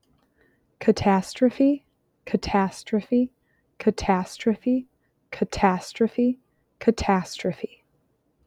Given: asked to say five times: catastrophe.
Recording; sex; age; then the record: repeated word; female; 20 to 29 years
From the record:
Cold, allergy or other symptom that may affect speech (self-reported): no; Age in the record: 29 years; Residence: Wisconsin, United States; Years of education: 21